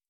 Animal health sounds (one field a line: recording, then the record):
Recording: hydrophone in a shrimp aquaculture tank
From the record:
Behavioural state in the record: starved